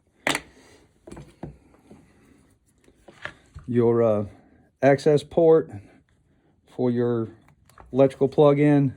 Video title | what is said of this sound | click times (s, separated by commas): Stihl MS201tc Top Handle Rebuild. Overly Detailed with wiring harness and linkages | tank vent will actually snap into place | 0.3 s